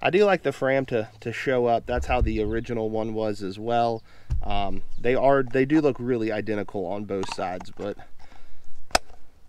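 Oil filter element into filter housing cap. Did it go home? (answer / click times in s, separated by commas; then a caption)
yes / 8.9 s. Someone talks while pressing a Fram paper cartridge oil filter element by hand into the plastic filter housing cap of a 2007–2012 Toyota RAV4. A single sharp snap is heard at 9.0 s as the element seats in the cap.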